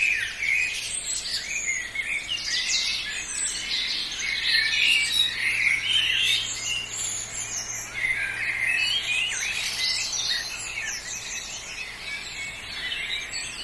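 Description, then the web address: Birds in a dawn chorus, many overlapping high chirps, trills and whistled phrases sounding together without pause, a dense and steady tangle of song throughout. Recorded at dawn. "Tom Hutchings Dawn Chorus"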